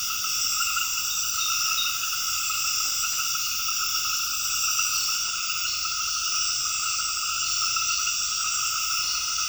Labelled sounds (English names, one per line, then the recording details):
none
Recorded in dense forest near Puerto Asís, Putumayo, Colombia, on 8 March 2025 at 19:30
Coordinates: 0.484, -76.325
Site G045